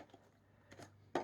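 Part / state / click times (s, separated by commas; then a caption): plastic attachment or holder fitted onto a stick vacuum / not seated / none. A plastic attachment or holder piece is pushed onto a MOOSOO S2 stick vacuum again after being repositioned. Faint handling rustles are followed by a sharp plastic knock at 1.2 s. The piece only sits there under friction, and nothing has clicked into place.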